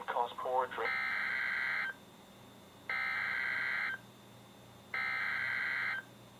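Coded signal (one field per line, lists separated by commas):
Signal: Emergency Alert System (SAME) tones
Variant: header bursts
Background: speech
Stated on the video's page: Flood, flash flood and special marine warnings received from NOAA Weather Radio stations.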